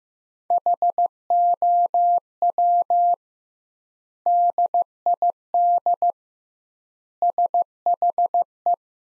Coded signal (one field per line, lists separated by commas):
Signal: Morse code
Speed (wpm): 15 wpm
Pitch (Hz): 700 Hz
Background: none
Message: HOW DID SHE